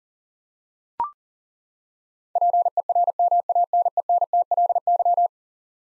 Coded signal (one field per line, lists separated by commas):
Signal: Morse code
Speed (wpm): 40 wpm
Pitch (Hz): 700 Hz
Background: none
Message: PERMANENTLY